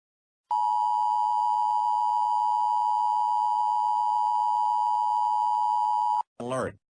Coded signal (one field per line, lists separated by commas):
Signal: Emergency Alert System (SAME) tones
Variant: 853 and 960 Hz attention tone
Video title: 'Make America Radioactive Again' (US Domestic Nuking EAS Prank)